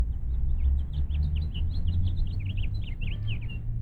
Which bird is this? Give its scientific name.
Haemorhous mexicanus